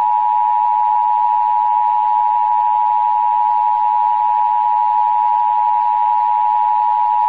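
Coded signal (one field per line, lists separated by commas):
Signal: Emergency Alert System (SAME) tones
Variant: 853 and 960 Hz attention tone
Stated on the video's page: Morse heard during a Skywarn weather net.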